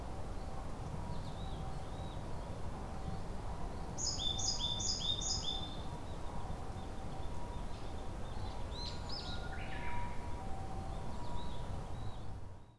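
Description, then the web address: Japanese tit giving a short burst of four quick two-note phrases, high dropping to lower, followed by scattered other chirps over constant low rumble and a faint hum. Recorded on 2 May 2015. "kotorinomori kotori shijukara"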